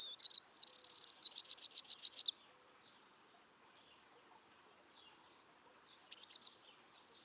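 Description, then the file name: Eurasian wren singing: the tail of a rapid, piercing trill sequence, a few seconds of quiet, then a shorter burst of high chattering notes. "Troglodytes troglodytes"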